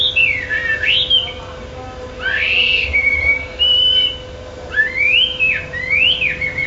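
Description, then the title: Bird giving loud, separate whistled phrases that sweep up and down, with short pauses between them and a steady hum below. "SuaraBurung Kicau6"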